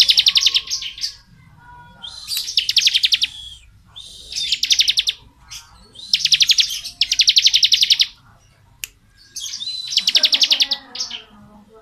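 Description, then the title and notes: Bar-winged prinia giving repeated bursts of rapid rattling notes, with softer chattering between bursts. Ngebren-style song used as training audio for oriental magpie-robins. "Suara burung ciblek - Suara Nada"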